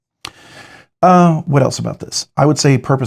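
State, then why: Seated. A Eutektik Knives Binary budget folding knife with a 14C28N steel blade is flipped open, and its steel frame lock snaps into place with a crisp click at 0.3 s, locking the blade open. A faint hiss follows, then someone talks.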